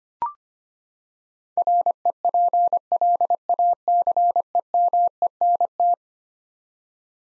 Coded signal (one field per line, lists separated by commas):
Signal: Morse code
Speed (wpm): 25 wpm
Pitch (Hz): 700 Hz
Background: none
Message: REPLACEMENT